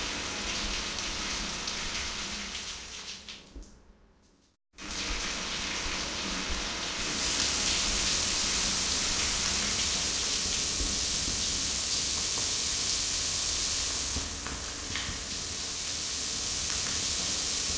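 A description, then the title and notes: A shower runs with a dense, steady hiss of falling water, briefly fading to near silence around four seconds before returning strongly. Shower.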